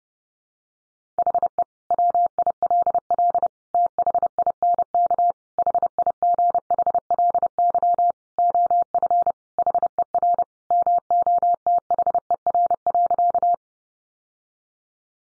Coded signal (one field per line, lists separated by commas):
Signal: Morse code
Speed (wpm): 30 wpm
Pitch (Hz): 700 Hz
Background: none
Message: HE WILL THINK HIGHLY OF HER MOTHER.